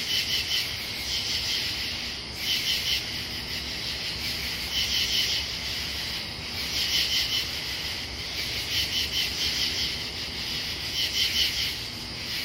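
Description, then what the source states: Katydid song: rasping bursts of short pulses, irregularly spaced a second or more apart, over a steady high chorus. Pennsylvania, United States.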